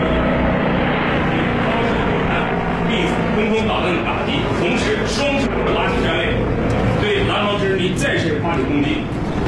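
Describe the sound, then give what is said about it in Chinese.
Loud, continuous roar of dozens of military helicopters flying together in combat formation past an airfield control tower at very low altitude during a military exercise. A dense low rumble of rotors and engines with steady intensity, plus faint higher whines and bursts as they fire decoys, without pauses. “南方直升机迅速的调转方向180度，大量发射诱饵弹”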